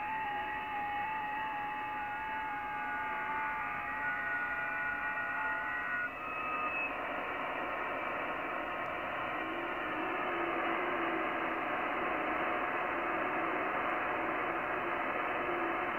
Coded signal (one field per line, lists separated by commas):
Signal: FT8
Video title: VP2VB, British Virgin Islands, Caribbean Sea, 14MHz, FT8, Worked by HL2WA